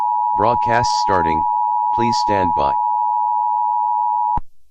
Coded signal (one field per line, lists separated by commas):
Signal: Emergency Alert System (SAME) tones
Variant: 853 and 960 Hz attention tone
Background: speech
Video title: EAS Philippines- The Last Broadcast ( Philippines vs Aliens the 35 second war)